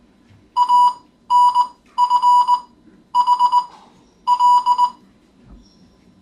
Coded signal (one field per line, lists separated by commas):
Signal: Morse code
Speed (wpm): 20 wpm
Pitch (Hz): 980 Hz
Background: none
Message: A N F H L